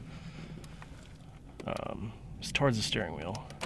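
A special hook removal tool is pushed into a hole beside the instrument cluster of a 2000-2006 Mercedes-Benz S-Class W220, with its notch toward the steering wheel, to catch on the cluster housing while removing the cluster for a lighting repair. Someone talks over faint handling ticks, with a sharper tap at 3.6 s. Nothing has clicked or seated yet.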